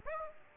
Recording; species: mosquito wingbeat signal from an infrared sensor; Aedes aegypti